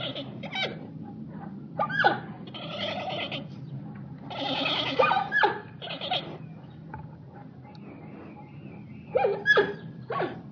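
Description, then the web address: Panda bleats and honks in irregular bursts, some long and noisy, others short and rising, with quiet gaps between them over a low steady hum. Panda sitting in a zoo. "suoni di un panda suono emesso da un panda seduto allo zoo"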